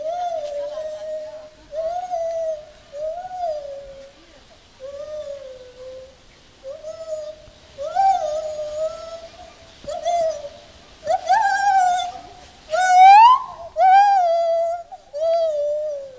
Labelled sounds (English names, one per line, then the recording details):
Lar Gibbon call
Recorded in captivity
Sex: male
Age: adult
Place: Zoo Berlin, Berlin, DE
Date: 2000-09-07 15:40
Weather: heiter, 16°C
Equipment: Nagra SN, Kopie Uher 4000 Report Monitor
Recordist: Tembrock, Günter